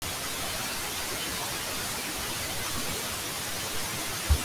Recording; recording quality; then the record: deep breathing; poor, much background noise or distortion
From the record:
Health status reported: healthy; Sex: female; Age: 23 years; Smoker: no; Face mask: worn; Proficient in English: yes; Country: India